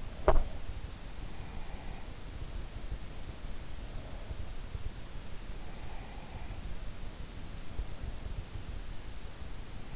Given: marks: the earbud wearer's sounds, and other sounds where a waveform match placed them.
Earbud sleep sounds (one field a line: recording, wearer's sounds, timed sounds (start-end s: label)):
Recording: sounds in sleep by an in-ear microphone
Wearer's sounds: teeth grinding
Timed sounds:
0.00-0.75 s: teeth grinding